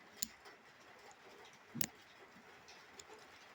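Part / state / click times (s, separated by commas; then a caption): wrist pin circlip into piston pin boss groove / seated / 1.8 s. A steel wrist pin circlip is rolled by hard thumb pressure into its groove in the pin boss of a 50cc piston during a 2012 KTM50 top end rebuild. Faint ticks at 0.2 s and 3.0 s come before and after a sharp snap at 1.8 s, when the circlip snaps in and is seated in the groove.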